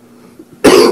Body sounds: coughing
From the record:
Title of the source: Coughing 77

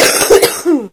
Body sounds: coughing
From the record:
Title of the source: 30 Chesty and wet cough

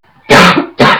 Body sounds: coughing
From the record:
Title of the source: Barking cough - # 10

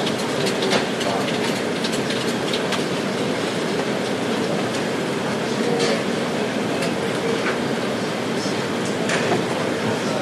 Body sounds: background sound without coughing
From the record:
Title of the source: Office Sounds Ambience - Background Noise for Study and Work

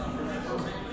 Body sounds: background sound without coughing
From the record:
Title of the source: 60 minutes of coffee shop sounds for study and concentration

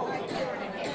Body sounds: coughing mixed with background sound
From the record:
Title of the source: female coughing - coughing sound effects girl

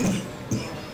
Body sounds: coughing mixed with background sound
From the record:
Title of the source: Spring Cold Coughing.

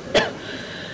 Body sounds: coughing mixed with background sound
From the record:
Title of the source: Coughing Woman Sound - Woman Cough Sound Effect

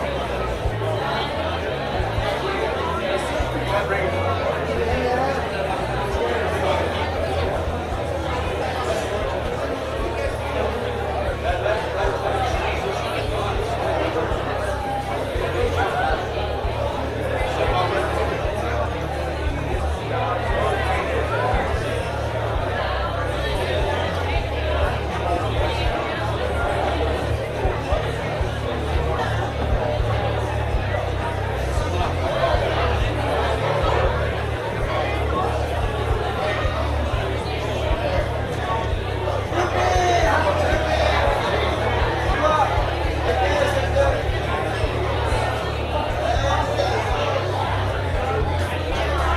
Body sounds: background sound without coughing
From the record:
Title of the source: CITY SOUNDS Busy Bar in the Evening Night - 2 HOURS of Ambiance for Relaxation

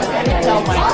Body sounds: background sound without coughing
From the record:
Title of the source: Nightlife Party Simulating Party Club Noise 1 Hour

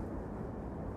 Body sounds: background sound without coughing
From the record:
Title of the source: Train Ride Ambience ambient white noise for sleeping, focus, studying, reading

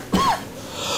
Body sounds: coughing mixed with background sound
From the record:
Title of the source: Spring Allergy Coughing

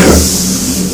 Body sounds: coughing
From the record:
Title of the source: Residual Phlegmy Morning Coughing and Gagging

